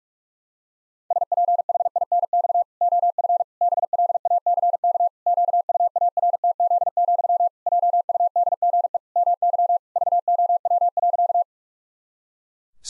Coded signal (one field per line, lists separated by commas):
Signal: Morse code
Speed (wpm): 46 wpm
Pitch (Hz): 700 Hz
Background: none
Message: SPHINX OF BLACK QUARTZ, JUDGE MY VOW.